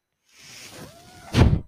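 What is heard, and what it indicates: A soft airy whoosh with a thin rising whine builds over about a second, then ends in a brief, louder low thump. This is a single breath cycle from a home mechanical ventilator, with the valve sound at the end of the cycle.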